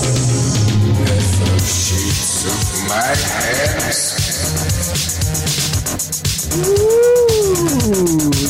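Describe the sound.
A voice imitates a cat with a long, wavering meow that rises and falls in pitch, heard over a loud, busy wash of music and crowd noise.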